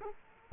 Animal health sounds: mosquito wingbeat signal from an infrared sensor; Culex quinquefasciatus

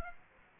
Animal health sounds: mosquito wingbeat signal from an infrared sensor; Aedes aegypti

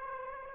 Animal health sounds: mosquito wingbeat signal from an infrared sensor; Aedes aegypti

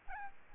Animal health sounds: mosquito wingbeat signal from an infrared sensor; Aedes albopictus

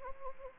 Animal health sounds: mosquito wingbeat signal from an infrared sensor; Anopheles gambiae

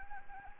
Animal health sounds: mosquito wingbeat signal from an infrared sensor; Anopheles gambiae

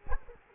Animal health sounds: mosquito wingbeat signal from an infrared sensor; Culex quinquefasciatus

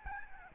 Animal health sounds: mosquito wingbeat signal from an infrared sensor; Aedes albopictus

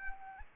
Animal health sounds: mosquito wingbeat signal from an infrared sensor; Anopheles arabiensis

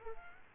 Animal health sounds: mosquito wingbeat signal from an infrared sensor; Culex quinquefasciatus

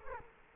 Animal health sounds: mosquito wingbeat signal from an infrared sensor; Culex quinquefasciatus

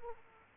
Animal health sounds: mosquito wingbeat signal from an infrared sensor; Aedes aegypti

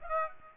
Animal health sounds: mosquito wingbeat signal from an infrared sensor; Aedes aegypti

